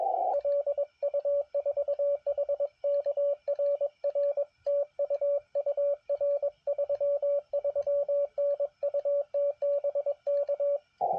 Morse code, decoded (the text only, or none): LU4HK RR TU UR 33N UT BK